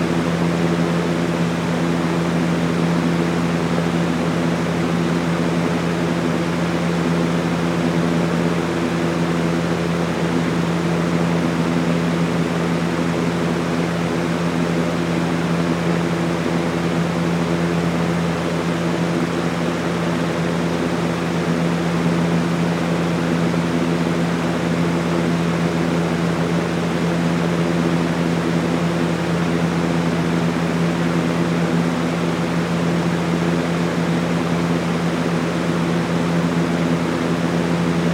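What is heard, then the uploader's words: A box fan runs steadily, giving a constant, dense whoosh of air with a low hum underneath. The motor drone holds a few fixed low tones throughout, with no changes, pauses or other sounds across the whole stretch. Box Fan Sound White Noise.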